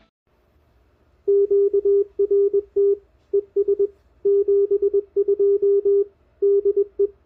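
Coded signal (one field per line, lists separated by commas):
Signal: Morse code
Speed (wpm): 21 wpm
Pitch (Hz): 400 Hz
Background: radio noise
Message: QRT ES 72 DE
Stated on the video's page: Morse CW from a park activation and a lake activation (LLOTA), using a Xiegu X6200 with Putikeeg keys and a dipole on a 14ft mast.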